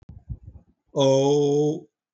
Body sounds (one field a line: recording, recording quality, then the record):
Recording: sustained vowel as in boot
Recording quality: excellent, no background noise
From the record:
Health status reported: healthy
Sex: male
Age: 59 years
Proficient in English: yes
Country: India